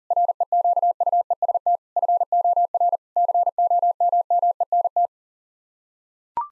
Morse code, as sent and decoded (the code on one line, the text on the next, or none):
.-. . --.- ..- . ... - / ..-. --- .-. / -.-. --- -- -- . -. -
REQUEST FOR COMMENT